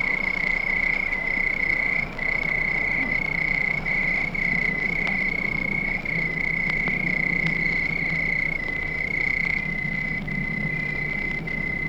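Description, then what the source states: Crickets keep up a continuous high-pitched trill for the whole stretch, over a low rumbling background with brief dips in loudness. Crickets at night.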